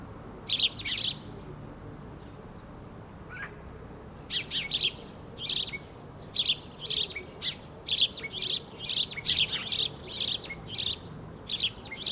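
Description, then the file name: House sparrow calls, a few harsh chirps, a pause, then a run of loud chirps in close pairs and triplets to the end. "Passer domesticus"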